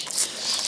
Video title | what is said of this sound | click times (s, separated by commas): Reviewing the Remarkable Strida Folding Bike | put it together there you hear that click and that keeps the the wheels together | 0.1 s